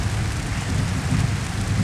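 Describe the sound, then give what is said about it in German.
Dense, steady applause swells into a continuous crackling wash of many hands clapping, loud and unbroken throughout, with no voices. “Dieser Beifall steigt immer wieder hoch.”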